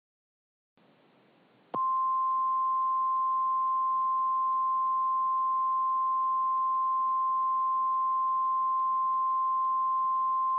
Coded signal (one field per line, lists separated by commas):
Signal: Emergency Alert System (SAME) tones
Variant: 853 and 960 Hz attention tone